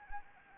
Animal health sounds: mosquito wingbeat signal from an infrared sensor; Anopheles arabiensis

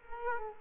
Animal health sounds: mosquito wingbeat signal from an infrared sensor; Culex quinquefasciatus

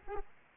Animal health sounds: mosquito wingbeat signal from an infrared sensor; Aedes aegypti

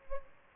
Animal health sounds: mosquito wingbeat signal from an infrared sensor; Aedes albopictus

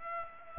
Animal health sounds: mosquito wingbeat signal from an infrared sensor; Aedes aegypti

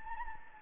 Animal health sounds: mosquito wingbeat signal from an infrared sensor; Anopheles gambiae

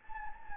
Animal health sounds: mosquito wingbeat signal from an infrared sensor; Anopheles gambiae

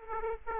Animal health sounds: mosquito wingbeat signal from an infrared sensor; Aedes aegypti

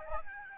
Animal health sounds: mosquito wingbeat signal from an infrared sensor; Aedes albopictus

